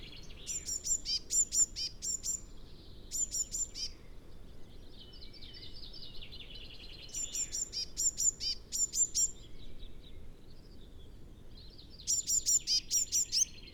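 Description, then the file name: Eurasian blue tit calls: several bursts of rapid, very high chirps, separated by quieter pauses. "Cyanistes caeruleus"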